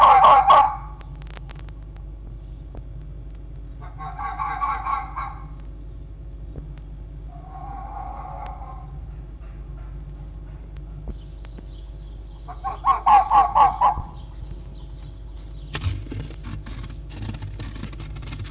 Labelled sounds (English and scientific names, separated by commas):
Red Fox (Vulpes vulpes)